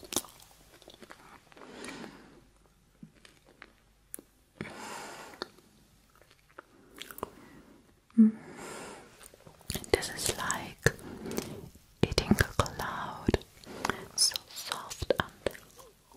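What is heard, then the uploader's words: Chewing and biting of a soft marshmallow, with wet, sticky mouth sounds and brief crunchy snaps. Activity comes in short bursts with pauses, growing denser and sharper after about ten seconds, including a distinct bite near eight seconds. EATING a MARSHMALLOW.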